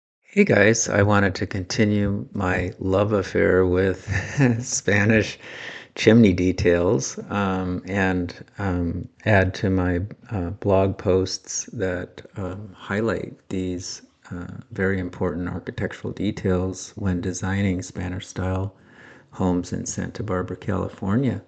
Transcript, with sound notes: “Hey guys, I wanted to continue my love affair with… (chuckles) Spanish chimney details and add to my blog posts that highlight these very important architectural details when designing Spanish style homes in Santa Barbara, California!